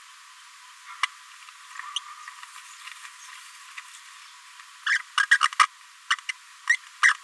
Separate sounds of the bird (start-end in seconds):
1.03-1.06, 1.96-1.99, 4.86-4.98, 5.17-5.23, 5.31-5.37, 5.59-5.66, 6.10-6.15, 6.69-6.75, 7.03-7.13